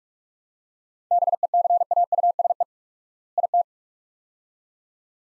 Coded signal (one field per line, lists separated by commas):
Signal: Morse code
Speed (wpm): 46 wpm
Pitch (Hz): 700 Hz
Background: none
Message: BECAUSE IT